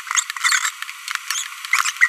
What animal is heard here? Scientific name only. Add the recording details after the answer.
Forpus passerinus. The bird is a female. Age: 25 days. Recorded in a nest box in Venezuela. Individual 17B42B1